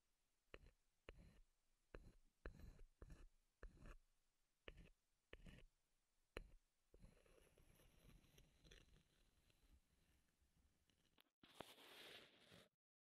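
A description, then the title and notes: Wood triggers begin as sharp irregular taps about twice a second, then become a steady scratchy rubbing, ending with a brief bright rustle. ASMR Wood Triggers in Your Ears (No Talking).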